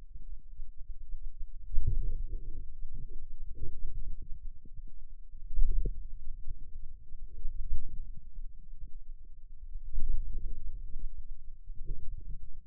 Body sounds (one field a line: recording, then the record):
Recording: forearm muscle sounds (acoustic myography)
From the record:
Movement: inward rotation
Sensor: system 2, bracelet of six BSWA MPA416 microphones around the upper forearm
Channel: 5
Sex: male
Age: 22 years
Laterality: right